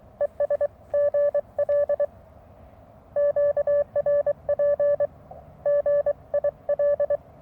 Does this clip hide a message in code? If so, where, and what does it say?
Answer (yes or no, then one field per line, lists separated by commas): yes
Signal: Morse code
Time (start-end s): 0.2-7.2 s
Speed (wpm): 23 wpm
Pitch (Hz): 580 Hz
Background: none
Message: ES GL QRP GIL